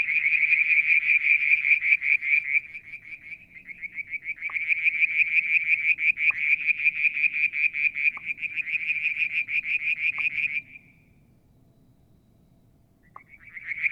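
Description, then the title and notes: Frog calling in rapid pulsed trills at a high steady pitch, in long bursts with short dips, falling silent near eleven seconds before resuming at the end. Striped marsh frog, Verreaux's tree frog and an unidentified frog calling one evening near a water tank at Mount Wilson, New South Wales, Australia, July 2022. "Frog song, Mount Wilson, New South Wales, Australia in July 2022 – by Alexander Moffatt. Limnodynastes Peronii, Litoria Verreauxii and a mystery frog one evening near the water tank"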